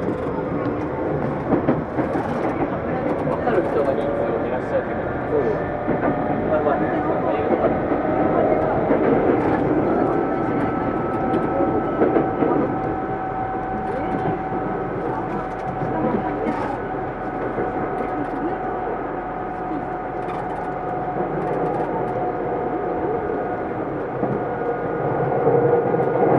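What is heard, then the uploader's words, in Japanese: Riding aboard a Tokyu 2000 series train between Shibuya and Azamino, with a steady low rumble of the moving car filling the whole clip. Faint whining tones hold level throughout, and a few brief clicks and knocks break through now and then. 東急2000系 渋谷〜あざみ野。急行運用を録音。ステンレス鋼製20m級軽量車体の4扉車である。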